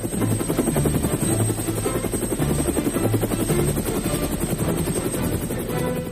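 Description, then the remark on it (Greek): A GAP4 helicopter flies steadily, its rotor producing a loud, continuous rhythmic thudding over a low engine drone and a thin high whine, with no voices present. “Ελικόπτερα GAP4. Γιατί η ιστορία έχει ήχο.”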